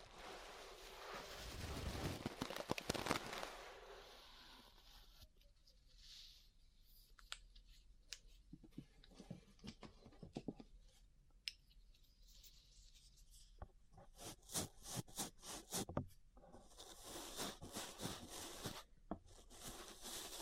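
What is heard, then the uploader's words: Ear brushing: dense, bright scratchy sweeps open for three seconds, then irregular soft brushing strokes and quick rustles, with faster bursts near the end. ASMR Relaxing 3Dio Ear Brushing (No Talking).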